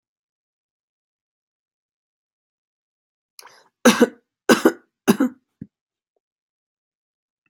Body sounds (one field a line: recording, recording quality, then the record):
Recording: shallow voluntary cough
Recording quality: excellent, no background noise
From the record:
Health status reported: healthy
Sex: male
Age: 26 years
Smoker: yes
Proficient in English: yes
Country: United States